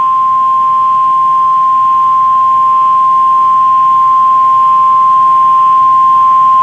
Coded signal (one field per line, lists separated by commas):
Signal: Emergency Alert System (SAME) tones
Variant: 1050 Hz attention tone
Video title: NOAA Weather Radio - Weekly EAS Test - 7/13/16